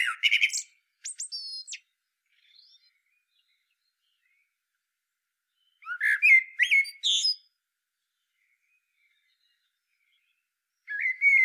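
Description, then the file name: Common blackbird song: a twittering phrase ending, a longer fluted whistle that turns into squeaky high notes, and a new phrase starting at the close. "Turdus merula"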